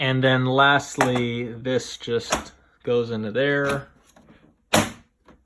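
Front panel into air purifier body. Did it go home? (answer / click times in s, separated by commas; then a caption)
yes / 4.7 s. Someone talks while fitting the front panel back onto the body of a Coway AP-1512HH Mighty Air Purifier. A single loud, sharp click comes at 4.7 s, followed by a couple of faint ticks. The panel clicks into place and is seated.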